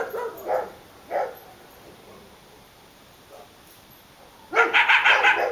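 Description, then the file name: Coyote giving a few separate barks, then a quiet stretch before a sudden burst of dense, high yipping at the end. "Coyote Talk"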